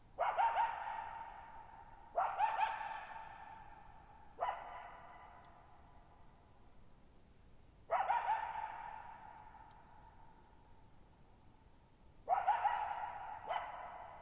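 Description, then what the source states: Coyote barking several times at uneven intervals, each harsh call trailing off in a long, slow echo. Lone coyote at night, July 14, 2019, Thirtymile Meadows, Okanogan National Forest, Okanogan High Country, Pacific Northwest, 6400 ft (1950 m); high dry plateau, shallow-bowl meadow, boggy ground burbling.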